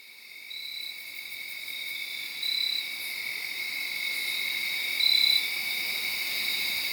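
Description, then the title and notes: Cricket chorus, a constant high-pitched shimmering trill fading in at the start, overlaid by a few louder chirp bursts at irregular intervals. Late Saturday night around midnight, under a tree in Sharon, Pennsylvania. "Crickets (field recording). late on Saturday night/Sunday morning. The location was in Sharon, Pennsylvania, under a tree. This was made around 12:00 in the morning"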